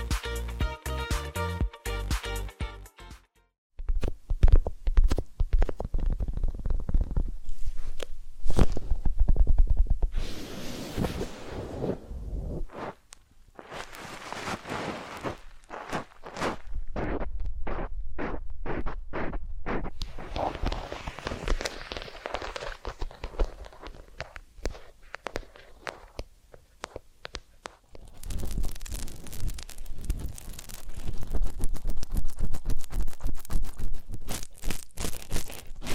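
Close tapping, rubbing and scratching sounds of a massage and ear cleaning, in uneven bursts with brief pauses and a tonal opening.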